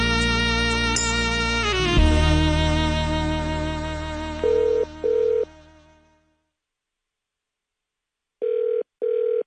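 Music fades out and then stops as a telephone rings in short paired tone bursts, one pair over the fading music and another pair after a brief silence, as a radio host phones a listener.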